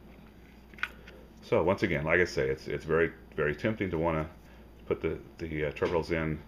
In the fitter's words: little pressure against the terminals it'll snap right into the